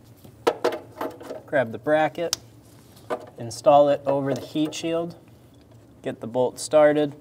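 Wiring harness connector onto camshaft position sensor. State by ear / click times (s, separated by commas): seated / 0.5 s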